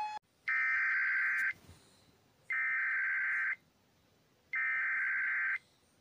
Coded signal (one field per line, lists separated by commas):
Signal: Emergency Alert System (SAME) tones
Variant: header bursts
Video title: estados eas alarms (parte 2)